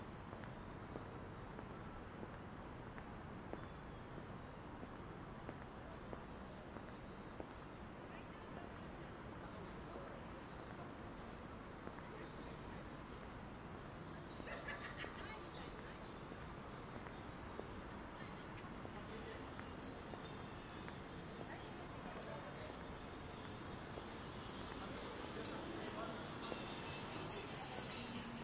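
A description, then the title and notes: Daytime street ambience in Akihabara: a dense, steady murmur of many voices over a low rumble of traffic. The level holds even throughout, with brief brighter clatters standing out around the middle and again near the end. Akihabara,daytime.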